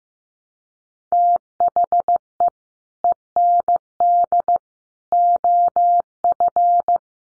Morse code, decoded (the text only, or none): THE END OF